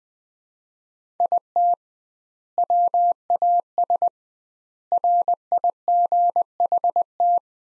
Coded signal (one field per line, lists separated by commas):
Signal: Morse code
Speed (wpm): 20 wpm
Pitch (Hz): 700 Hz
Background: none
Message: IT WAS RIGHT